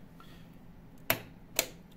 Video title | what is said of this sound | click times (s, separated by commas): PC Upgrade - Αναβάθμιση σε CPU, Motherboard και RAM σε νέο Case - AMD Ryzen 7 7800X3D Build | ακούμε το κλασικό κλακ ακούμε το κλακ το | 1.1 s, 1.6 s